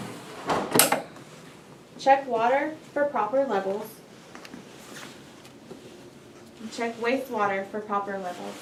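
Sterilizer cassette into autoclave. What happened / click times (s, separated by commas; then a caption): The metal cassette latched into place / 0.8 s. A metal sterilizer cassette is slid into a benchtop autoclave and pushed until it latches, seating with a sharp, loud click at 0.8 s. After that, someone talks, with two faint ticks near 4.4 s between phrases.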